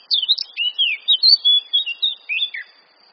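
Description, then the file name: Eurasian blackcap singing a brisk phrase of about a dozen clear, sweeping warbled notes that ends with a short downward slur. "Sylvia atricapilla"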